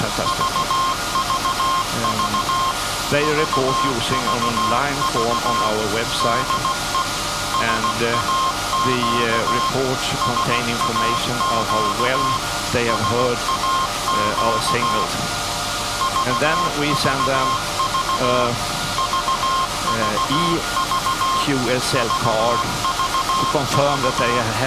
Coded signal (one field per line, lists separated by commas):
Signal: Morse code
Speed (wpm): 16 wpm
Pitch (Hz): 1060 Hz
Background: speech, music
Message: VVV VVV DE SAQ SAQ SAQ VVV VVV VVV